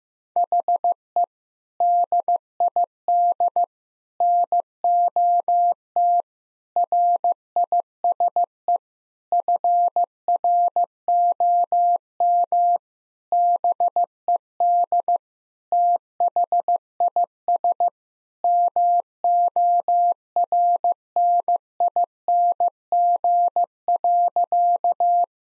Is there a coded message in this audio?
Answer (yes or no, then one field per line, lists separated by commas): yes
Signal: Morse code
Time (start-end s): 0.4-25.2 s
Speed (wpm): 15 wpm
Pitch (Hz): 700 Hz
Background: none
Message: HE DID NOT RISE FROM BED THIS MORNING.